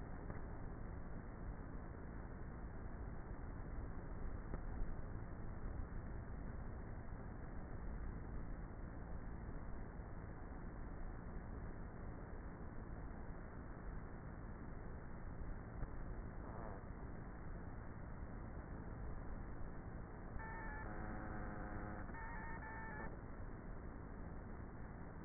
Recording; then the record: honeybee colony, microphone inside the hive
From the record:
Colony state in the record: queenless with a low population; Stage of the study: before two queens were removed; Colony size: about 30,000 bees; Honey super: no